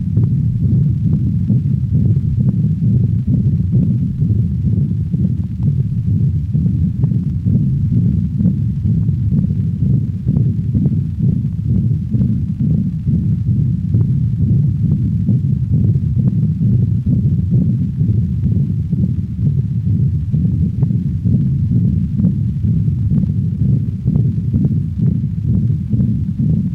The continuous machinery murmur of a patent ductus recorded at the cranial thoracic wall of a dog.